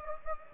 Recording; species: mosquito wingbeat signal from an infrared sensor; Anopheles gambiae